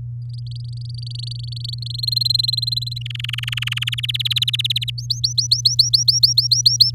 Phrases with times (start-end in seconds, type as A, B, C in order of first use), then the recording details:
0.29-1.92 A, 1.94-2.98 B, 3.01-3.95 C, 3.97-4.90 D, 4.98-6.91 E. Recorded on 7 May 2018 at 15:21. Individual llb16